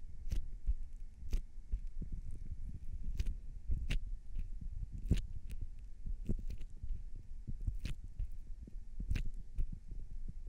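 Ears are being cleaned and massaged: a dense, steady rubbing and squishing fills the low end throughout. Sharp, bright clicks and taps cut through every second or so, irregularly, with soft thumping pulses underneath.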